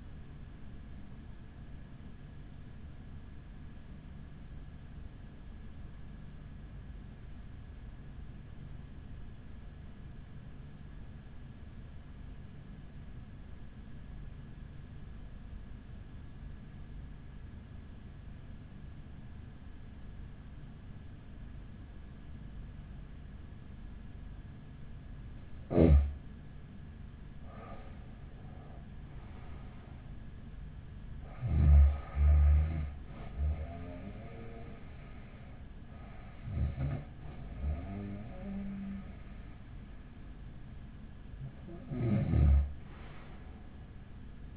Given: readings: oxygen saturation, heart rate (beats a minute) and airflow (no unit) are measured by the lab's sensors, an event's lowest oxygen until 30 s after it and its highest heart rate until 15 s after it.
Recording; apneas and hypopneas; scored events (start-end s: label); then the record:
breathing in sleep by a smartphone at the bedside; 1
4.00-27.30 s: hypopnea (N1, oxygen 96% highest, then 92% lowest, heart rate 41 at the start, 49 highest)
From the record:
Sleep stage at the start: N1 (lightest sleep); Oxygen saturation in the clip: 93 to 96%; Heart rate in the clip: 40 to 55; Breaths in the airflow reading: 6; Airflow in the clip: -9.2 to 10.8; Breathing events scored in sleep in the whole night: 207 in 7.6 hours asleep